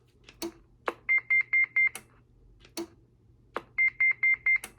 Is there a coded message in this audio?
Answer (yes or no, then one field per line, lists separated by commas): no